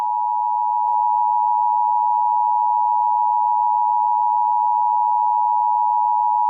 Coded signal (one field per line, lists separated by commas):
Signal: Emergency Alert System (SAME) tones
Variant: 853 and 960 Hz attention tone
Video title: (SUMMER SPECIAL) EAS SCENARIO - Hottest Day on Earth